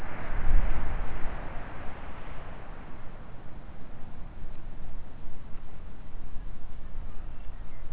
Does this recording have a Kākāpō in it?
no